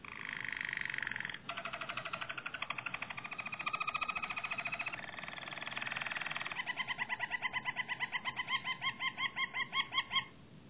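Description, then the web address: Harz Roller canary song: a low roll, a longer roll after a brief break, then a quicker rhythmic bubbling trill. "~joaopt canarios racas canto harzers"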